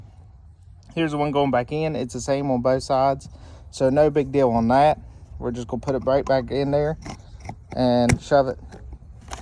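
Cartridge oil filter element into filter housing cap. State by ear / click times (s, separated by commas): seated / 9.3 s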